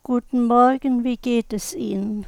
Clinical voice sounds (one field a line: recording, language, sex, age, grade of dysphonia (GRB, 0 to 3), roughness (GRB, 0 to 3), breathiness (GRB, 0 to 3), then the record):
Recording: spoken sentence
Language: German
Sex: female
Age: 60 to 69 years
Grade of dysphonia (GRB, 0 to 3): 0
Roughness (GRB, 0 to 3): 0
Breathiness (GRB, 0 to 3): 0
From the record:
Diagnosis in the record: recurrent laryngeal nerve paralysis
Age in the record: 66 years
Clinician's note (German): Kompensiert, li